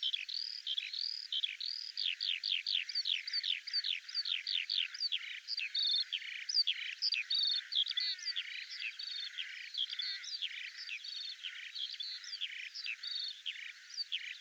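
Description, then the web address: Bird song as a busy, unbroken chatter of quick high chirps and rising and falling whistles over the whole stretch. "birddata Deverinetal 2025 Bird"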